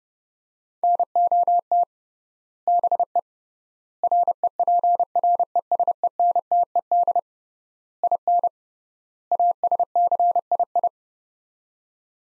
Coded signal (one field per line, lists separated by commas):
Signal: Morse code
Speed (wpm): 30 wpm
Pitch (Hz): 700 Hz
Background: none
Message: NOT BE REPRESENTED IN ASCII